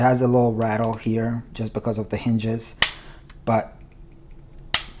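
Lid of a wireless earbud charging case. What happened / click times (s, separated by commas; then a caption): The small hinged lid snapped shut / 4.7 s. The hinged plastic lid of a wireless earbud charging case is closed and snaps shut magnetically with one sharp, solid click at 4.7 seconds, after someone talks about a slight rattle from the hinges. The lid is seated shut.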